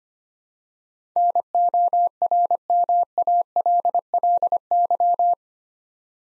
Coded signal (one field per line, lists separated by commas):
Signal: Morse code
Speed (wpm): 25 wpm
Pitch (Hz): 700 Hz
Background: none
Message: NORMALLY